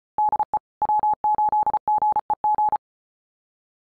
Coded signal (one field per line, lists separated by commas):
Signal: Morse code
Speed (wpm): 34 wpm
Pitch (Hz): 850 Hz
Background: none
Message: DE W8GEG